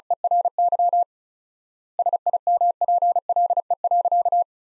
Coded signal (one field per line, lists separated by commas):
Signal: Morse code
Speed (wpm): 36 wpm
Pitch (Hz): 700 Hz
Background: none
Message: ERY SIMPLE.